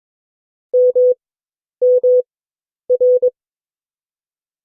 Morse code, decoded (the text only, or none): M M R